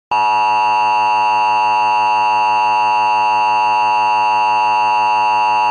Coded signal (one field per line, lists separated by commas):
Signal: Emergency Alert System (SAME) tones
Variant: 853 and 960 Hz attention tone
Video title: EAS 10: AMBER ALERT Jefferson WI